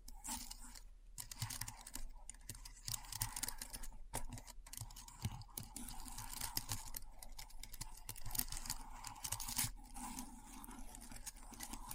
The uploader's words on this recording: ASMR Keyboard Sounds (No Talking).